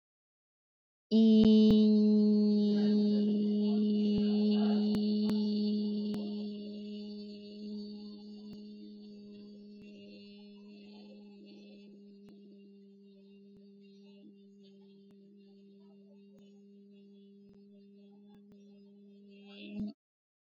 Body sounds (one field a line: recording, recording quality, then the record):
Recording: sustained vowel as in beet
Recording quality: excellent, no background noise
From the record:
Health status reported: exposed to COVID-19, no respiratory illness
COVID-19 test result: negative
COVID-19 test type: RT-PCR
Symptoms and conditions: sore throat, another condition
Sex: female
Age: 37 years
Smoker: no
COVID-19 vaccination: both doses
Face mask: not worn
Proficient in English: yes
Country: India